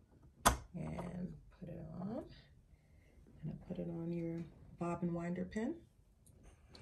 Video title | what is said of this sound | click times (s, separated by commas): How To Make A Grab-N-Go Baseball Cap With Hair Attached | and you're going to hear a little click he that click | 6.3 s, 6.8 s